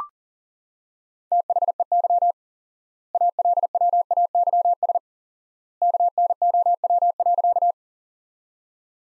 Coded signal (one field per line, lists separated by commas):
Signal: Morse code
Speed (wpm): 40 wpm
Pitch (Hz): 700 Hz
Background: none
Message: THEY ALWAYS KNOW.